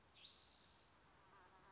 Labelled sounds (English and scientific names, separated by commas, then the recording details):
Spotted Towhee (Pipilo maculatus)
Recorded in Sonoma County, California